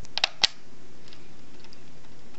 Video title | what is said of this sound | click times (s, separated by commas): How to change the RAM (including inaccessible) and keyboard in a Compaq laptop. | Corners that way you don't break or crack anything you'll hear it click | 0.2 s